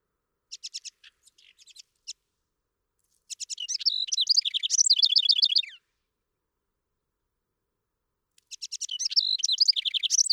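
House wren song: scattered soft chips, then a bubbling, rapid jumble of trills and chatter about two and a half seconds long, repeated after a pause.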